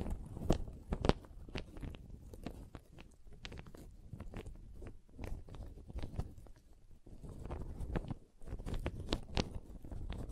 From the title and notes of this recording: ASMR Calming Wood Triggers for Sleep (No Talking).